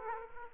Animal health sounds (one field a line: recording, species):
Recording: mosquito wingbeat signal from an infrared sensor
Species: Aedes aegypti